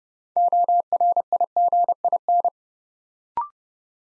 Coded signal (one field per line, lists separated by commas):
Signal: Morse code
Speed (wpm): 30 wpm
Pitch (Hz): 700 Hz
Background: none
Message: ORIGIN